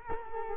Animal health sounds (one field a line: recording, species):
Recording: mosquito wingbeat signal from an infrared sensor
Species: Culex quinquefasciatus